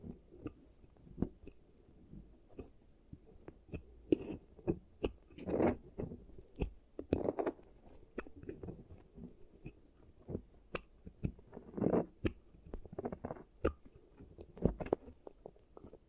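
Close-up ASMR dental role-play sounds: a dense run of short clicks, taps and scrapes, coming several times a second with irregular spacing. Some louder bursts stand out near 5.5, 7, 12 and 15 seconds, over a soft low rumble.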